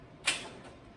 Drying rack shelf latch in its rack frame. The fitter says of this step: all right you hear that click and you can slide this down and put your painting there